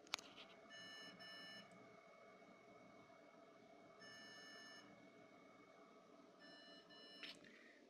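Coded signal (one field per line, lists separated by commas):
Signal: beep code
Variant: PC BIOS POST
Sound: two short buzzy beeps, a pause, then a longer beep over a steady high whine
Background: room noise, electronic whine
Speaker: é um bip longo e dois curto normalmente esse bip Pode ser ou memória ou então a placa de vídeo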